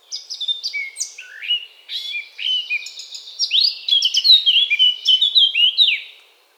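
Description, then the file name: Eurasian blackcap song: a chattering start gives way to loud, clear whistled notes that rise and fall before ending abruptly. "Sylvia atricapilla"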